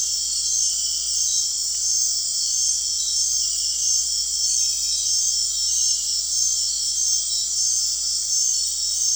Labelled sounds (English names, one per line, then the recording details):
none
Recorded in dense forest near Puerto Asís, Putumayo, Colombia, on 4 March 2025 at 20:30
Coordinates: 0.499, -76.324
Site GP03